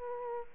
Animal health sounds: mosquito wingbeat signal from an infrared sensor; Aedes aegypti

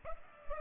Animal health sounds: mosquito wingbeat signal from an infrared sensor; Culex pipiens

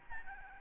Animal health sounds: mosquito wingbeat signal from an infrared sensor; Aedes albopictus

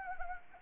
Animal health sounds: mosquito wingbeat signal from an infrared sensor; Anopheles arabiensis

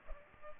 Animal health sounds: mosquito wingbeat signal from an infrared sensor; Culex pipiens

